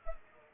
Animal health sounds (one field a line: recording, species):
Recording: mosquito wingbeat signal from an infrared sensor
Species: Culex pipiens